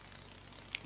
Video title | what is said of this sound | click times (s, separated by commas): Passap Dealing With Selection Error 103 2 | if you're very careful just push it in and it'll snap into place okay | 0.8 s